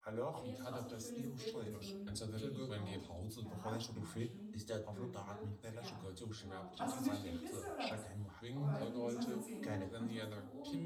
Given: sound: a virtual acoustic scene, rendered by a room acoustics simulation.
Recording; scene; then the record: noise of the scene; living room, asymmetric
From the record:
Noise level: 67 dB SPL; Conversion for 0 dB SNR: 5.4 dB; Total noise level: 72.4 dB SPL